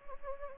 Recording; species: mosquito wingbeat signal from an infrared sensor; Anopheles gambiae